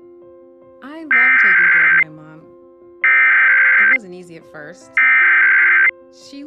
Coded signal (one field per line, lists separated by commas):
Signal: Emergency Alert System (SAME) tones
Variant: header bursts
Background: speech